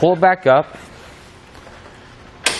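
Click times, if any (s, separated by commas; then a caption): 2.5 s. A Saris Glide EX hitch-mounted bike rack for 4 bikes on a 2019 Subaru Crosstrek is tilted from its lowered position back upright by the handle. Someone talks briefly, then the metal tilt latch on the rack base clicks sharply into place at 2.5 s, seating the rack mast upright.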